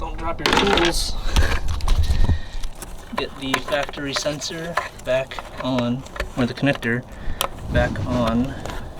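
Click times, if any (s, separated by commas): none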